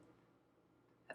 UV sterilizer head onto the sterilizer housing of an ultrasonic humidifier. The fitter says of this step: where it will click into place